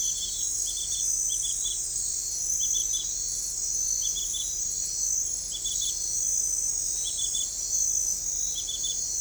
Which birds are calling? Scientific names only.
none